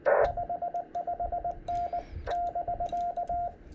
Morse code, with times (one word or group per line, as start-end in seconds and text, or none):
0.2-2.0 55N
2.3-3.5 <BK>